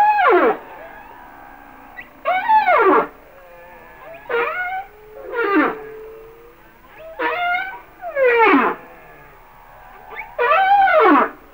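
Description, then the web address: Humpback whale song, a sequence of downward-sweeping harmonic cries and moans at short, irregular intervals with faint tonal hums between. "Natures Songs Whale Songs Sounds of Nature - Humpback Whales"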